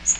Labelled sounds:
Magnolia Warbler (Setophaga magnolia) flight call

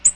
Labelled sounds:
Ovenbird (Seiurus aurocapilla) flight call

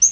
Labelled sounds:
Yellow-rumped Warbler (Setophaga coronata) flight call

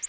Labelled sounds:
Orange-crowned Warbler (Leiothlypis celata) flight call

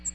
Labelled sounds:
American Redstart (Setophaga ruticilla) flight call

